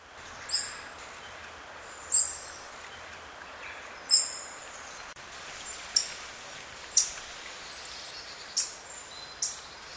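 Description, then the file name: European robin giving repeated short, sharp, high-pitched call notes, a string of ticking calls over light background noise. "Erithacus rubecula"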